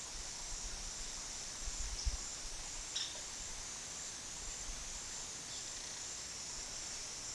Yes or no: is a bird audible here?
no